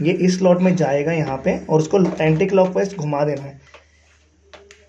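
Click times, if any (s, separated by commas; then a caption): 4.5 s, 4.7 s. Someone talks while a plastic part of a Grohe concealed bathroom mixer fitting (24058000) is pushed into its slot in the wall box and turned anticlockwise. Two short clicks follow at 4.5 s and 4.7 s as the part locks into place.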